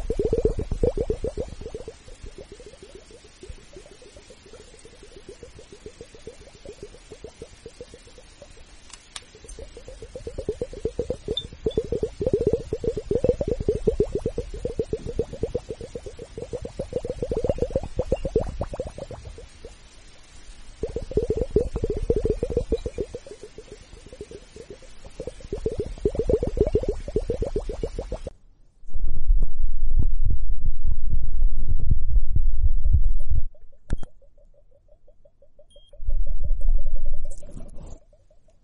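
Foamy bubbling fizzes steadily for about 28 seconds, swelling in denser bursts, then gives way to quieter low rumbles and a thin whine.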